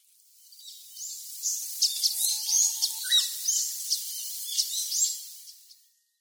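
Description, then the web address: Blyth's pipit calls, a busy series of short high chirps and buzzy notes, with one faint low drawn-out whistle in the first half and a brief dropping note midway. Sakata, Yanagawa, 6 June 2016. "shiryo koe komamijirotahibari 160606 sakata yanagawa"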